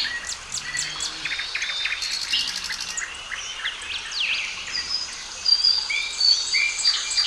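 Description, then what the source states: Mixed bird chorus: a rapid rattling trill, high sweeping whistles and chirps, with scattered softer calls layered underneath. Calm birdsong.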